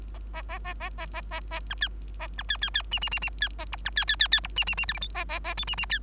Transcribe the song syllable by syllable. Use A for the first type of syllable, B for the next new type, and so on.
A A A A A A A A B C A B C C C D D D D C A E B C C C C E D D D F G H A A A I D D C